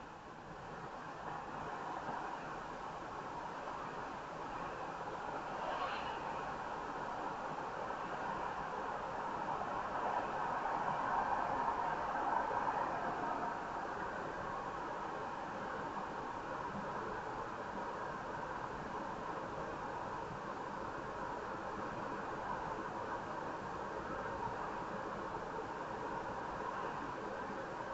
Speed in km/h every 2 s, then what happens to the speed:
45, 52, 56, 64, 69, 72, 76, 81, 81, 84, 84, 85, 85, 85.
0-14 speeds up to 81. 14-28 steady at about 84.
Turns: none.